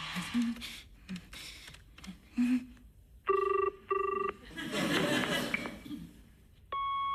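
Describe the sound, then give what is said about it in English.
A series of soft taps and clicks, then a telephone gives two short electronic ring bursts. A crackly rush of noise follows, and a steady tone begins as the headmaster's answering machine picks up. “Hello, you've reached the answer phone of the headmaster.”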